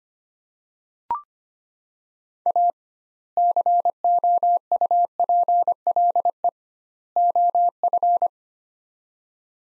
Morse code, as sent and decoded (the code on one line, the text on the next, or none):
.- / -.-. --- ..- .--. .-.. . / --- ..-.
A COUPLE OF